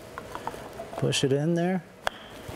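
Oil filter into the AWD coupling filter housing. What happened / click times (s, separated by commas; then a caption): The filter snapped into its housing / 2.1 s. A new oil filter, its O-ring lubricated with old fluid, is pushed by hand into the filter housing of a Volvo Haldex AWD coupling. After a few faint ticks and someone talking, a single sharp snap at 2.1 s marks the filter seating in place.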